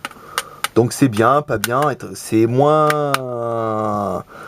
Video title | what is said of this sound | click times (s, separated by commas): Android N9880 MT6575 android 4.0 | le cache donc le cache il est fait différemment par rapport au Daping c'est que celui-là il se clipse donc | 0.1 s, 0.4 s, 0.6 s